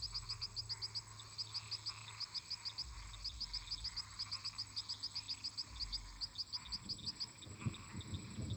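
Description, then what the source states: Frogs and toads: frog chorus of quick, high repeated clicks with brief gaps, over a humming background of many frogs; deep rumbling rises near the end. Many toads and frogs calling together in a marsh, with thunder.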